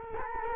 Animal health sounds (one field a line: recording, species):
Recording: mosquito wingbeat signal from an infrared sensor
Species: Culex quinquefasciatus